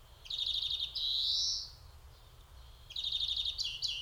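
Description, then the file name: European greenfinch pairing a buzzy trill with a long rising wheeze, then further rattling trills and twittering notes. "Chloris chloris"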